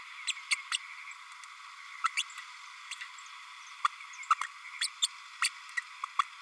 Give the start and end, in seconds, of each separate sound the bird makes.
0.27-0.33, 0.51-0.55, 0.71-0.77, 2.04-2.08, 2.17-2.23, 3.84-3.87, 4.30-4.34, 4.81-4.87, 5.02-5.07, 5.42-5.49, 5.77-5.80, 6.19-6.22